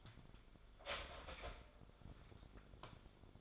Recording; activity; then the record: daily activity, microphone in the room; start toaster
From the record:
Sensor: 5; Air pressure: 1014.8 hPa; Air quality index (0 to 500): 207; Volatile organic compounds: 10 ppm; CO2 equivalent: 2199 ppm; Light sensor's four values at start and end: 13/32/12/11 and 14/32/12/11